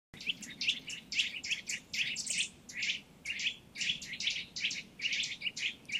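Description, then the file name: Eurasian nuthatch giving short, sharp, high chirping notes in quick irregular bursts, with a faint low hum beneath. "Sitta europaea"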